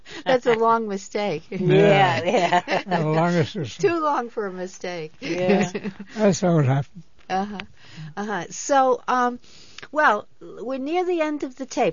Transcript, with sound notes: That's a long mistake.
Yeah, yeah.
The longest mis--
Too long for a mistake. ( they laugh )
That's how it happened.
Uh-huh. So, um, well, we're near the end of the tape.